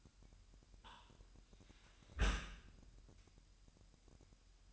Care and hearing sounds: daily activity, microphone in the room; close dishwasher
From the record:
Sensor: 2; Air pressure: 998.2 hPa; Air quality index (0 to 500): 148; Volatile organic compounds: 4 ppm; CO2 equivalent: 1681 ppm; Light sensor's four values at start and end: 10/30/12/11 and 10/30/12/11

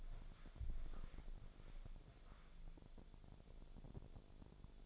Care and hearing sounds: daily activity, microphone in the room; walk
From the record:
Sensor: 5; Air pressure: 1000.6 hPa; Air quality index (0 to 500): 141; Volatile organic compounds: 2 ppm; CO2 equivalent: 1096 ppm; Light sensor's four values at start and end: 49/114/47/50 and 48/113/47/49

